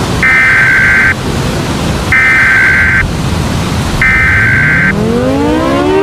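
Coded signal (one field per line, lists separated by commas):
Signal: Emergency Alert System (SAME) tones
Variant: header bursts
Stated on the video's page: Fictional short EAS scenario about Earth colliding with the Sun.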